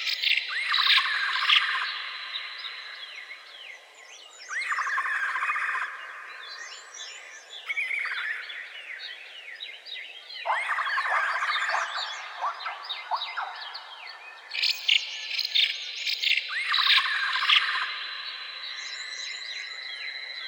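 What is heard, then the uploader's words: Birds chirp and trill in dense overlapping bursts over a steady high insect buzz, with louder flurries around five, eleven and fifteen seconds. Echoing Birds and Insects in the Forest.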